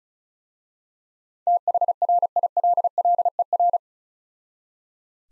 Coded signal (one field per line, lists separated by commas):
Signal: Morse code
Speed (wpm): 35 wpm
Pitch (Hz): 700 Hz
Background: none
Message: THRILLER